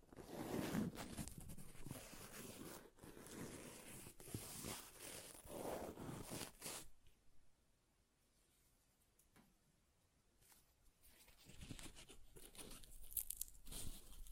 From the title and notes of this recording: ASMR Paper Ripping Tearing Sounds (No Talking).